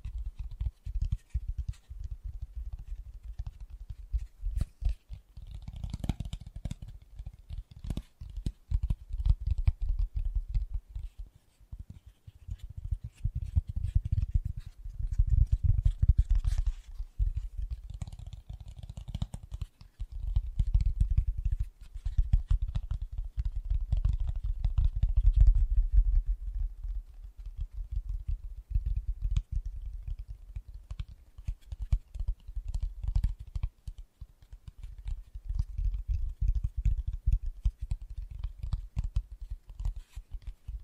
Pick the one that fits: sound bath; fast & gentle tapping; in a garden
fast & gentle tapping